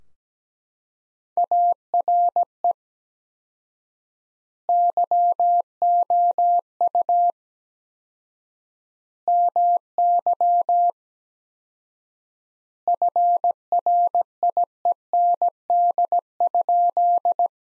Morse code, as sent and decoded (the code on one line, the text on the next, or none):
.- .-. . / -.-- --- ..- / -- -.-- / ..-. .-. .. . -. -.. ..--..
ARE YOU MY FRIEND?